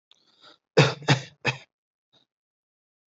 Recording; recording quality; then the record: shallow voluntary cough; excellent, no background noise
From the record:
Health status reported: healthy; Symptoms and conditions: none ticked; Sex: male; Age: 26 years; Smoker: not ticked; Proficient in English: yes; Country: India